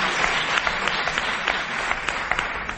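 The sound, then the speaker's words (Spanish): Sustained audience applause in Málaga, a dense wash of many hands clapping steadily with sharper individual claps popping out, fairly loud and continuous throughout with no voices. “Caray, pues este aplauso de parte de toda Málaga.”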